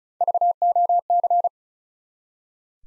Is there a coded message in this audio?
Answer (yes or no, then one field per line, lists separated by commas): yes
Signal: Morse code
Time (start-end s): 0.2-1.5 s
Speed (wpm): 36 wpm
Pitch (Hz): 700 Hz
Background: none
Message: VOC